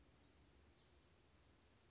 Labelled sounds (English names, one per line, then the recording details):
Western Flycatcher
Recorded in Sonoma County, California